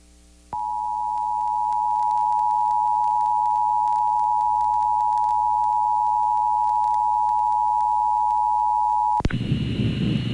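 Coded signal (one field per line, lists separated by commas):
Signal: Emergency Alert System (SAME) tones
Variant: 853 and 960 Hz attention tone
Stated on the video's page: Maryland tornado drill, also serving as the April Required Monthly Test, received on an FM broadcast station.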